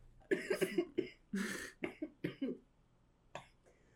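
An adult has a coughing fit: about a dozen sharp, irregular cough bursts over four seconds, some in quick clusters, with a longer rasping gasp in the middle. It ends in a final isolated cough. The room is quiet.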